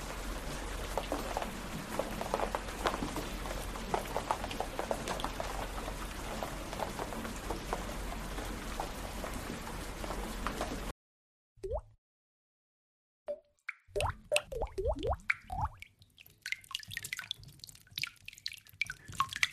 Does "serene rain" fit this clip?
yes